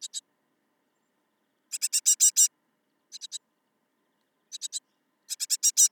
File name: Great Tit